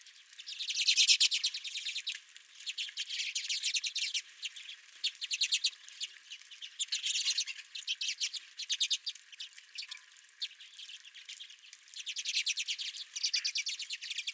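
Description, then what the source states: Redpoll calls, a dense chatter of rapid buzzy chips from several birds, rising and falling in bursts throughout. Several redpolls at the recordist's feeder.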